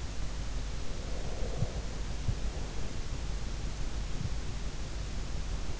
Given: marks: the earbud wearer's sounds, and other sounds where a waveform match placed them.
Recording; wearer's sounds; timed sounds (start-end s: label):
sounds in sleep by an in-ear microphone; breath
1.03-3.07 s: breath